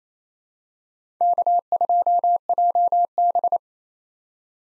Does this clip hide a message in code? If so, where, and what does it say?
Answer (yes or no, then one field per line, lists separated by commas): yes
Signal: Morse code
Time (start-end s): 1.2-3.6 s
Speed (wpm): 28 wpm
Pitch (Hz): 700 Hz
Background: none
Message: K2JB